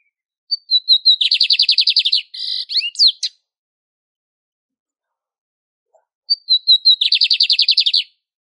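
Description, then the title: Lined seedeater song: quick introductory notes, a dense rhythmic trill, then a burst of buzzy and sweeping notes, followed after a pause by another phrase of the same trill. Classic song style of the lined seedeater, used for warming up and training birds. "CANTO DO BIGODINHO - CANTO CLÁSSICO - ESQUENTAR/ENCARTE"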